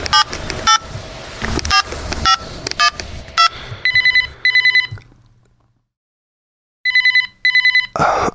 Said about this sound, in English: Have we got a telephone sound effect? I've got lots of sound effects. Hold on. Yeah, it'd be something like this.